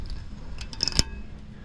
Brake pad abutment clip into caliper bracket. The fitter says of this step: so these guys just pop into place